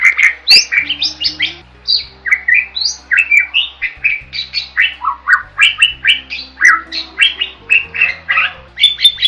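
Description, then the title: Bird song of rapid harsh squawks and chirps, strung together almost continuously with varied pitch, over a low humming background. Masteran recording made for training songbirds. "Master Burung Jos"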